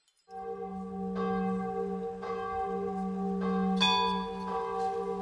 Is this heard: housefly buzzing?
no